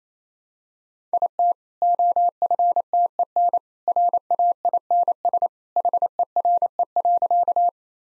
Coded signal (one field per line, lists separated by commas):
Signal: Morse code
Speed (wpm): 27 wpm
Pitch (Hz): 700 Hz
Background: none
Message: IT OFTEN RAINS HERE.